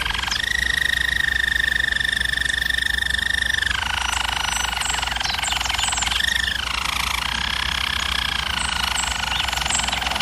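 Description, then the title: German Roller canary singing long, even rolling trills, holding one pitch for seconds before dropping lower and shifting again, with a constant low background hum. Singing used for canary training. "German Roller Canary Singing - Canary Training Vid"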